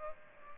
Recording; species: mosquito wingbeat signal from an infrared sensor; Aedes aegypti